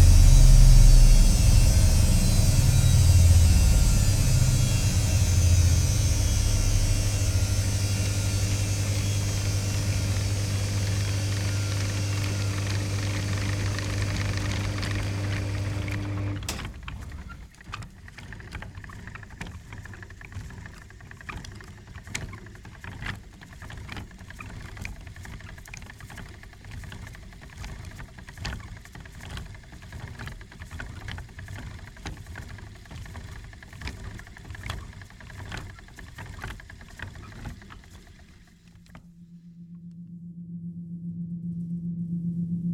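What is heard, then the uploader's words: A loud, steady machine drone with a deep hum fills the first sixteen seconds, then cuts off abruptly. What follows is quieter and busier: rapid ticking and rattling clicks over a thin whir, ending with a low steady hum in the last few seconds. This version mixes a range of revolving sounds that I find evocative of moving around an axis. Created and designed by Jim Dawson.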